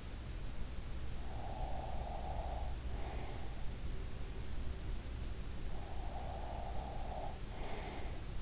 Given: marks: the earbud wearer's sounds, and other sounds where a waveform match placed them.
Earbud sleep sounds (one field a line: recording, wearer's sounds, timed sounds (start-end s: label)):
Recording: sounds in sleep by an in-ear microphone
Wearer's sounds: breath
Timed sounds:
1.30-3.94 s: breath
5.54-8.42 s: breath